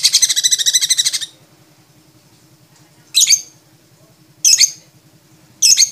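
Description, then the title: Lovebird opening with a rapid, rattling trill of shrill notes for about a second, then three piercing squeaky bursts spaced roughly a second apart. Champion lovebird with a clear voice; a 'masteran' recording of birdsong used to train other songbirds. "Kicau Suara Burung Lovebird Juara Suara Bening"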